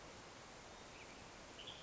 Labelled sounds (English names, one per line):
Western Tanager